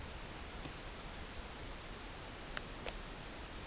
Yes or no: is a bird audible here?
no